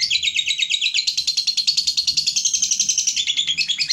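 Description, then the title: Lovebird song: an unbroken, rapid stream of high, harsh twittering notes, pulsing quickly and evenly for the whole stretch. Lovebird whose singing style is described as very clever at baiting, prompting other birds to sing. "Dari Gayanya Lovebird Ini Terlihat Pintar Sekali Memancing"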